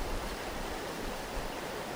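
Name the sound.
flowing river water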